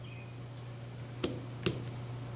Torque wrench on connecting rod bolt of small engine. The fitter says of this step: you hear that click that click means that our torque has met and we're going to go to the other bolt